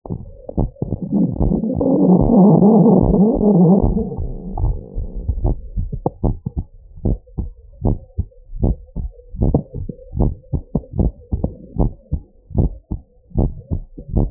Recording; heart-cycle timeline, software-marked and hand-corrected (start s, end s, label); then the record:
heart sounds
0.00	7.04	noise
7.04	7.16	S1
7.16	7.40	systole
7.40	7.50	S2
7.50	7.84	diastole
7.84	7.96	S1
7.96	8.18	systole
8.18	8.28	S2
8.28	8.62	diastole
8.62	8.76	S1
8.76	9.00	systole
9.00	9.10	S2
9.10	9.42	diastole
9.42	9.52	S1
9.52	9.76	systole
9.76	9.86	S2
9.86	10.20	diastole
10.20	10.34	S1
10.34	10.54	systole
10.54	10.64	S2
10.64	11.00	diastole
11.00	11.12	S1
11.12	11.34	systole
11.34	11.44	S2
11.44	11.78	diastole
11.78	11.90	S1
11.90	12.12	systole
12.12	12.22	S2
12.22	12.56	diastole
12.56	12.70	S1
12.70	12.92	systole
12.92	13.02	S2
13.02	13.38	diastole
13.38	13.52	S1
13.52	13.72	systole
13.72	13.82	S2
13.82	14.14	diastole
14.14	14.28	S1
14.28	14.31	systole
From the record:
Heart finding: normal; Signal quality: good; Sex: female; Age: 75 years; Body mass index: 27.2